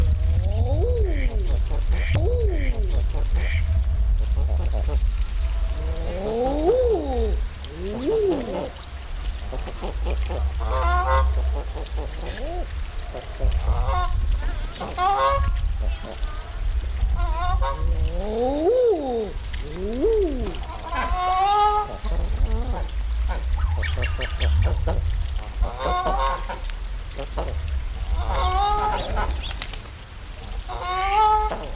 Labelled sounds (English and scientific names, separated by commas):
Mallard (Anas platyrhynchos) call